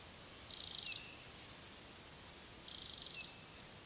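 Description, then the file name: Eurasian wren uttering two pulsed, grating churrs about two seconds apart, with a brief thin note after each. "Troglodytes troglodytes"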